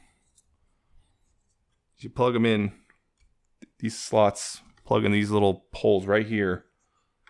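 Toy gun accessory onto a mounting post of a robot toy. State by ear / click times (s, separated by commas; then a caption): not seated / none. A plastic toy gun accessory is handled against a small mounting post on a robot toy while someone talks, with a few faint, brief taps near 0.4, 3.6 and 7.3 seconds. Nothing has seated or clicked yet; the gun has not been rotated to lock into place by the end.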